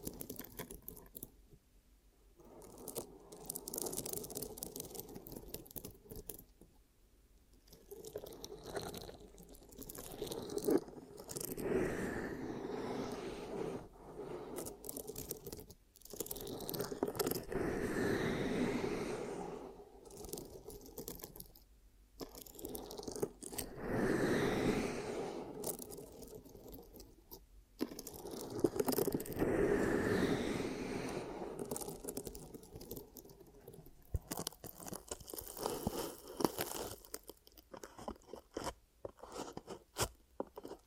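Ear cupping sounds swell and fade in muffled, hollow waves, with rubbing and scraping crackles scattered throughout. Louder surges come around 18, 24 and 30 seconds, broken by short near-silent gaps, and the texture stays irregular and dense.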